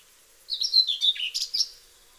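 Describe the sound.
Common whitethroat giving one brief scratchy, jerky warbled phrase of quick chattering notes.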